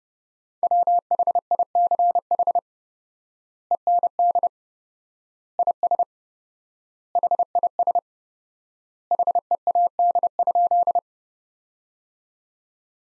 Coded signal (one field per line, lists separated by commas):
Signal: Morse code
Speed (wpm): 32 wpm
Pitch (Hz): 700 Hz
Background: none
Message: WHICH END IS HIS HEAD?